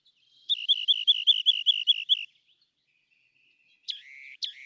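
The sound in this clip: Rock wren trilling a steady run of about ten repeated rising-falling notes, followed by two sharp downslurred calls.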